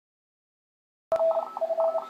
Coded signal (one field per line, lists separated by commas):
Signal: Morse code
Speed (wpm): 31 wpm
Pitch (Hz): 650 Hz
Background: none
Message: RF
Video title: HomeBrew SuperHet HF Receiver Built "Ugly" Style.